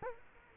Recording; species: mosquito wingbeat signal from an infrared sensor; Culex quinquefasciatus